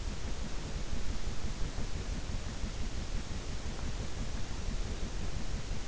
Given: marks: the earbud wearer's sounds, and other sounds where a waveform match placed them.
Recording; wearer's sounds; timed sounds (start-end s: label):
sounds in sleep by an in-ear microphone; breath
0.00-2.86 s: breath
3.64-5.84 s: breath